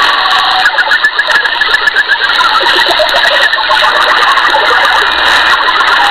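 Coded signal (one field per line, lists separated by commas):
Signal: multi-tone FSK (Olivia or MFSK type)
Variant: Saab Grintek MHF-50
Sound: rapid warbling hopping tones in a steady hiss, continuous throughout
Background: radio static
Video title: 4346 kHz South Africa Navy - Saab Grintek MHF-50 MFSK Modem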